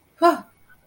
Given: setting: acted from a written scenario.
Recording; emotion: vocal sound without words; negative surprise